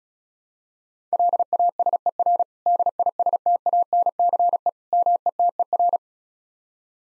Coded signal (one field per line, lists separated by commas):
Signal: Morse code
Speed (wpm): 36 wpm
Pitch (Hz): 700 Hz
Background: none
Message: LASER DISTANCE METER